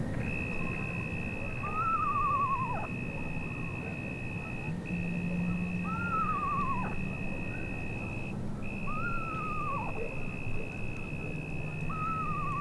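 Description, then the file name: Eastern screech owl calls: trembling whinnies that lift then fall in pitch, four in a row, against a continuous high hum and low background noise. "Megascops asio"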